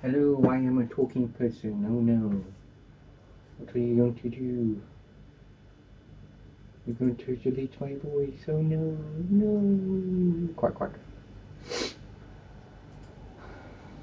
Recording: background sound without coughing